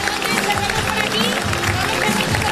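Steady applause from a crowd welcoming Azcón at the PP party headquarters on Génova, dense and continuous clapping at a fairly loud level, with a murmur of voices mixed underneath.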